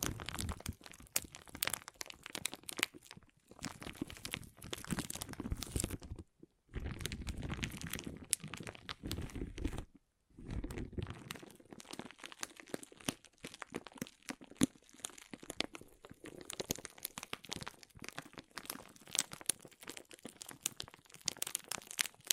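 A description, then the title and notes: Water beads crunch and crackle in dense, irregular bursts of bright clicks, with brief silent breaks around six and ten seconds. ASMR Soothing & Deep Water Beads Sounds (No Talking).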